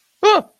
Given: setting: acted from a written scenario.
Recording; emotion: vocal sound without words; negative surprise